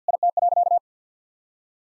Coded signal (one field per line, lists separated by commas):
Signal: Morse code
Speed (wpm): 50 wpm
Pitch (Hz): 700 Hz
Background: none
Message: IT.